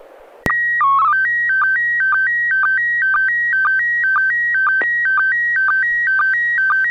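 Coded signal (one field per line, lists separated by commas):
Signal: SSTV (slow-scan television)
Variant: PD 120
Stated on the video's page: SSTV net on an FM repeater at 441.300 MHz, sent with MMSSTV software.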